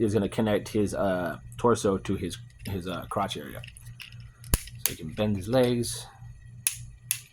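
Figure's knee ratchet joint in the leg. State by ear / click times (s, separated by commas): seated / 6.7 s, 7.1 s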